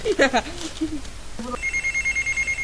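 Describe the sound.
A telephone rings with a steady, high-pitched electronic tone that pulses in a fast, even rhythm, following a brief burst of voices at the start.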